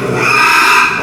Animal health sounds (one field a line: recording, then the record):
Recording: squeal of a Yucatan mini pig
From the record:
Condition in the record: after surgery on the right vocal fold (resection and tissue-engineered implant)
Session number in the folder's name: 1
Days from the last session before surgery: 6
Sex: male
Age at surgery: 12 weeks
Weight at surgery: 13 kg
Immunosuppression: cyclosporine, prednisolone